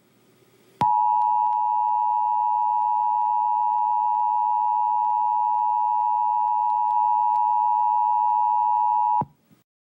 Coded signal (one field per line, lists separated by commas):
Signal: Emergency Alert System (SAME) tones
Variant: 853 and 960 Hz attention tone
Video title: Angry EAS: Excessive Heat Warning